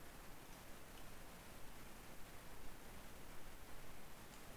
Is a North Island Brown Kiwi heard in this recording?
no